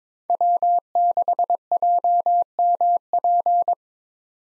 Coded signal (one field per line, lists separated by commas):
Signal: Morse code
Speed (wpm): 22 wpm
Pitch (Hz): 700 Hz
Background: none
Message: W6JMP